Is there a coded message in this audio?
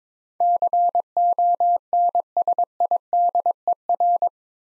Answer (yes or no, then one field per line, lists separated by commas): yes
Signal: Morse code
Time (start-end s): 0.4-4.3 s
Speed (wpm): 22 wpm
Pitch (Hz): 700 Hz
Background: none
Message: CONSIDER